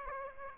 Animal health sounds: mosquito wingbeat signal from an infrared sensor; Aedes aegypti

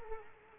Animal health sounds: mosquito wingbeat signal from an infrared sensor; Culex quinquefasciatus

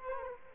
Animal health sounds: mosquito wingbeat signal from an infrared sensor; Culex quinquefasciatus

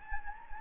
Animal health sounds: mosquito wingbeat signal from an infrared sensor; Anopheles gambiae

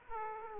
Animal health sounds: mosquito wingbeat signal from an infrared sensor; Aedes aegypti

